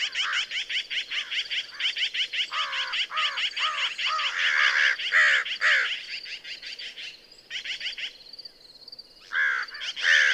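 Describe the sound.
American crow cawing, a series of harsh, repeated calls, softer for a moment before a few final loud caws.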